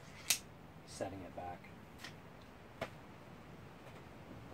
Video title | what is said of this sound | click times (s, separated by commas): dwellsy - Seeker Unboxing | breaking that open and you can just breathe down on this until it clicks setting | 0.3 s